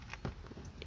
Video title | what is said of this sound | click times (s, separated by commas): Kiwi Ears Altruva Review! (English, Tagalog) | yep, but yeah, as you can see, there we go. | 0.8 s